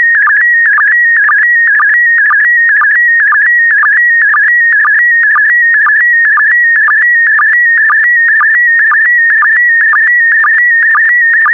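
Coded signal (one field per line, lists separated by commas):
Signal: SSTV (slow-scan television)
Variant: PD120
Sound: continuous warbling tone near 2 kHz with rhythmic lower chirps about twice a second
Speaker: get ready starting transmission in 5 4 3 2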